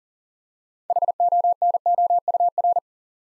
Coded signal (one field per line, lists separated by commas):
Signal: Morse code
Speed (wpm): 38 wpm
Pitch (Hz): 700 Hz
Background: none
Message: HONOUR